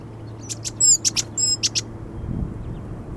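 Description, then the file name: Great tit harsh call: a quick run of buzzy, rasping notes, some with a ringing metallic edge, packed into about one and a half seconds, then faint low rumble. "Parus major"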